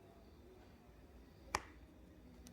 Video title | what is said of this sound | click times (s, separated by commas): Bunga Matahari Bolak Balik - Part 2 - Crochet Reversible Sun Flower | ini sampai bunyi klek | 1.5 s